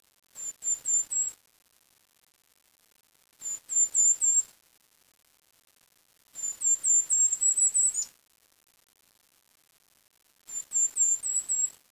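Bird calls: very high, thin chip notes in four quick bursts of several notes each, separated by about two seconds of quiet.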